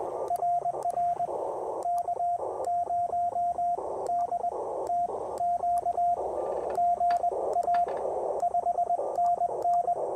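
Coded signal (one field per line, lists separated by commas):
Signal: Morse code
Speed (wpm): 20 wpm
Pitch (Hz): 700 Hz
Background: radio noise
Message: RR K0DTQ GA 5NN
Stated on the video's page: QRP POTA park activation with Ten-Tec Argonaut VI, BaMaKeY TP-III paddle, and Chelegance MC-750 portable vertical antenna.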